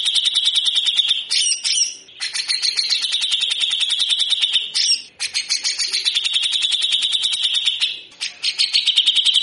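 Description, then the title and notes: Grey-cheeked bulbul producing long grating rattled trills, each several seconds long, divided by short scratchy bursts and pauses. Masteran training song of a frequently singing (gacor) bird with long, coarse besetan (harsh rasping) passages. "MASTERAN CUCAK JENGGOT GACOR FULL BESETAN KASAR DURASI PANJANG. Burung cucak jenggot"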